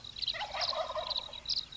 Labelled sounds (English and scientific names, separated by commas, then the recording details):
Wild Turkey (Meleagris gallopavo)
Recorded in Sonoma County, California